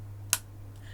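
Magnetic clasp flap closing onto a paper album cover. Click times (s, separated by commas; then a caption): 0.3 s. A strong magnet in the closure flap of a handmade paper accordion album is brought to its mate on the album cover and snaps shut. One sharp click sounds at 0.3 s, over a steady low hum, and the magnetic clasp is seated closed.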